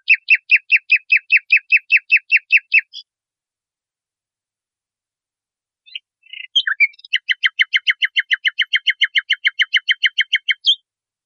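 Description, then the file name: Nightingale singing a quick, evenly repeated trill for about three seconds, a silent pause, then a few scratchy notes leading into a long, rapid trill. Masteran recording, made for training caged songbirds. "suara masteran nightingale"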